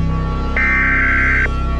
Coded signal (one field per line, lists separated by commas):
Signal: Emergency Alert System (SAME) tones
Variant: header bursts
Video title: New Year Attack | An EAS Scenario (ft.Channel 48 EAS)